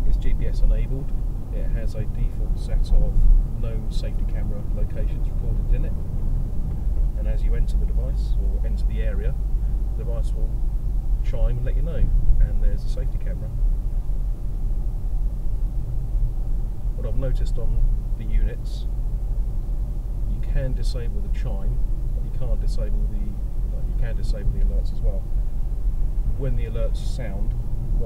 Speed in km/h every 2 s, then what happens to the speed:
42, 45, 44, 44, 44, 40, 42, 42, 42, 40, 42, 40, 40, 40.
0-28 steady at about 42.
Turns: none.